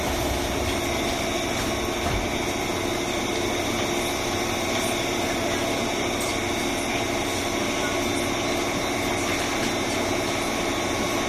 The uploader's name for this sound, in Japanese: JR201系 桃谷〜桃谷